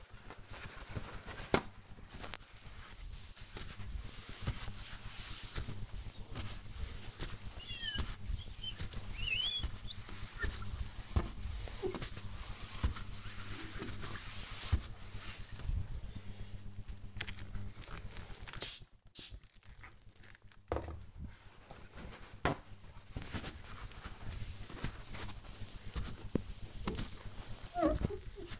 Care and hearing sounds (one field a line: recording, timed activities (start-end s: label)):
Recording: household activities, microphone on the right wrist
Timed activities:
0.00-28.60 s: window cleaning